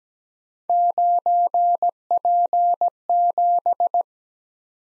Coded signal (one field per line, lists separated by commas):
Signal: Morse code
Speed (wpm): 17 wpm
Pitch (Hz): 700 Hz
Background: none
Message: 9P7